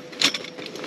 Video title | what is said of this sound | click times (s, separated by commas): Camp Chair Review -What is the best camp chair? | and then they got the lock, this little click point at the back, and that's it, they're out. | 0.2 s